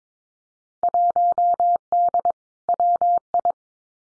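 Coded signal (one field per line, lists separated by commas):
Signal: Morse code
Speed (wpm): 22 wpm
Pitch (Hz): 700 Hz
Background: none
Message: 1D WI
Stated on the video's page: Field Day exchange copying drill at 22 wpm; each exchange is sent in Morse, spoken, then sent again.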